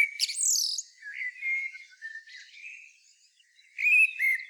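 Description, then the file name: Common blackbird: a high squeaky twitter, then soft low fluted notes, ending with a brief brighter warble. "Turdus merula"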